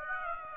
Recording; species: mosquito wingbeat signal from an infrared sensor; Aedes aegypti